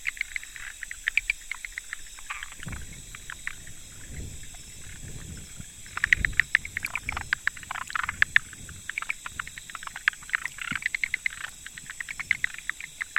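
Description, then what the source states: Frogs clicking and rattling in a dense chorus, sharp clicks tumbling over one another, busiest in the middle and the final seconds, with a low rumble now and then. 25 October 2014.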